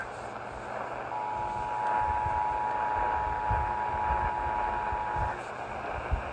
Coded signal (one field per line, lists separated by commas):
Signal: Emergency Alert System (SAME) tones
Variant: 853 and 960 Hz attention tone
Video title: Storms & Fires - EAS Alerts From 3/4/26 - 3/8/26 (EAS #5148-5158)